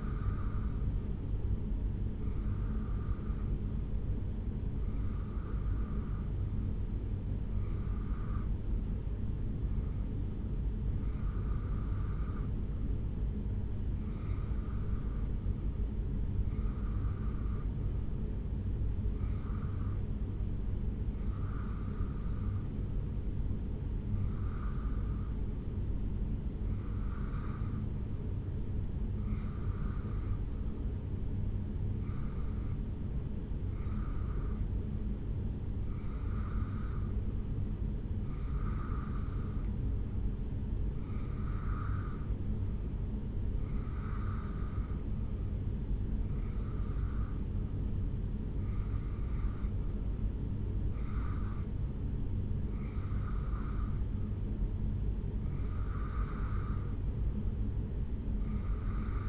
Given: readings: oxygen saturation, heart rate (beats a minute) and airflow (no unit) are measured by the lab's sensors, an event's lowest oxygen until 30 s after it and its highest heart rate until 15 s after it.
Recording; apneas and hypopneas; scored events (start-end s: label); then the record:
breathing in sleep by a smartphone at the bedside; 1
13.00-34.70 s: hypopnea (REM, oxygen 87% highest, then 84% lowest, heart rate 67 at the start, 69 highest)
From the record:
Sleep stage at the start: REM sleep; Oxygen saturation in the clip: 84 to 87%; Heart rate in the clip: 66 to 71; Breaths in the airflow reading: 24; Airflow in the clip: -1.6 to 1.4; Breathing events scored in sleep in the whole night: 449 in 7.0 hours asleep